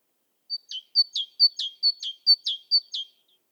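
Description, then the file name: Great tit song: a high, steady whistled note dropping to a lower one, a two-note phrase repeated about six times in quick, even rhythm, with no other clear sounds. "Parus major"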